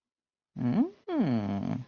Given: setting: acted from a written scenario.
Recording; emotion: vocal sound without words; romantic love